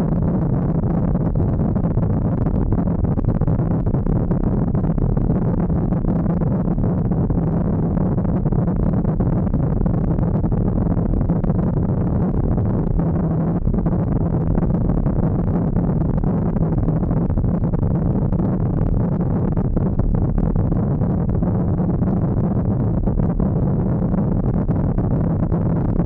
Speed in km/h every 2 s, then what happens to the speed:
44, 45, 45, 43, 44, 42, 42, 43, 38, 34, 34, 38, 48.
0-14 steady at about 43. 14-20 slows to 34. 20-26 speeds up to 48.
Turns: 3-14.